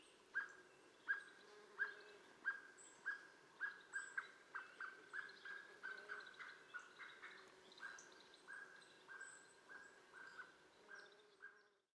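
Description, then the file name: Common blackbird calling with a long series of hard chink notes that quicken into a rapid chatter midway, then slow again, over a faint low hum. "Turdus merula"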